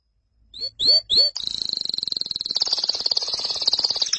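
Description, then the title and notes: Canary song: three quick upward-swept whistled notes, then a rapid, dense buzzy trill that runs on steadily with slight shifts in tone. "BM Suara Kenari. BM Suara Burung Kenari"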